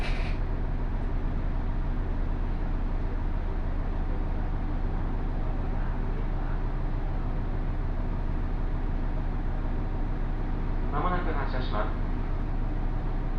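A local train on the Takayama Main Line runs between Jōro and Shimo-Yui, its steady low rumble and droning hum unbroken from start to finish. Around eleven seconds a brief voice rises over the train noise for about a second.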